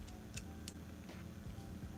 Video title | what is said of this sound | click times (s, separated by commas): Unboxing and starting to build an Original Prusa MK4 Kit | turn back till we hear that little or feel that little click | 0.4 s, 0.7 s